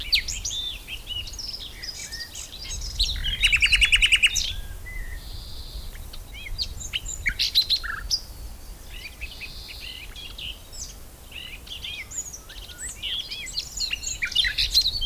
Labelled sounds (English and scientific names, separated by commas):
Eurasian Blackcap (Sylvia atricapilla) song